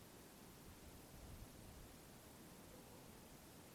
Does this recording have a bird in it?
no